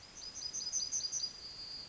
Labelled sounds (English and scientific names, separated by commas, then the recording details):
Yellowhammer (Emberiza citrinella) song
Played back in forest
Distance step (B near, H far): E
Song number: 105